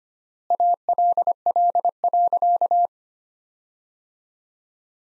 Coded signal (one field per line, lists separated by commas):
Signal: Morse code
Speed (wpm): 25 wpm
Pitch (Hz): 700 Hz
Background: none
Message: ALL.